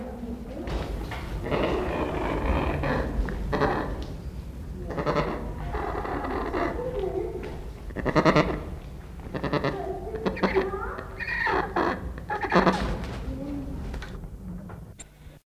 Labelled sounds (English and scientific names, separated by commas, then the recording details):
Rufous Hornbill (Buceros hydrocorax) call
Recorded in captivity
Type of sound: call
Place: Zoo Berlin, Berlin, DE
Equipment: Halbspur, 9,5 cm/s
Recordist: Lütgens, Hans
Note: Am Gitter geärgert